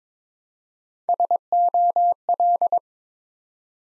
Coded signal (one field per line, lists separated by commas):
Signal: Morse code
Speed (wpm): 22 wpm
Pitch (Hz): 700 Hz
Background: none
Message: SOL